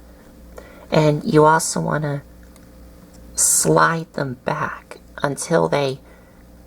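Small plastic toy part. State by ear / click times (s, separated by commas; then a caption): not seated / none. Someone talks while handling the plastic foot of a Mastermind Creations Exitus (IDW Getaway) transforming robot figure, flipping it up and sliding it back toward its locked position on the leg during conversion. Brief, faint ticks are heard at about 0.6 and 2.6 seconds. The foot has not clicked into place yet.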